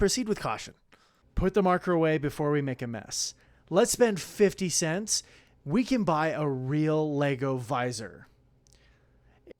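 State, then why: Seated. A plastic building-brick visor piece is pressed onto a minifigure helmet while someone talks for most of the clip. After the talking stops, a couple of faint ticks are heard. The visor snaps into place at 9.5 s with a short click and is seated.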